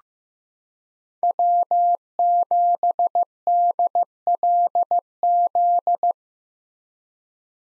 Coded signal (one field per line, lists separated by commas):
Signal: Morse code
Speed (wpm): 15 wpm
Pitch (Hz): 700 Hz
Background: none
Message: W7DLZ